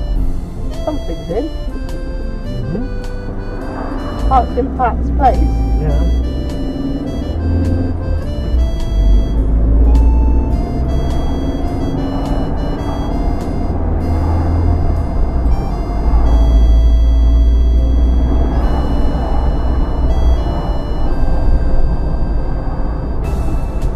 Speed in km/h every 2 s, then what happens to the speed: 19, 11, 15, 19, 24, 31, 34, 34, 35, 37, 35, 31.
0-3 slows to 11. 3-17 speeds up to 37.